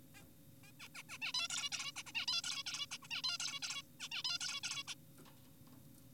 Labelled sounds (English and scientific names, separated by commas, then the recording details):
Zebra Finch (Taeniopygia guttata)
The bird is an adult
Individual g4p5U